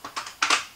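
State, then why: Seated. A plastic shelving piece for a Furrion 8 or 10 cu. ft. 12 V RV camper fridge is pressed into its slot in the fridge liner. A few faint plastic ticks come first, then a sharp, loud snap at 0.4 s with a second click right after at about 0.5 s. The piece pops into place and is seated.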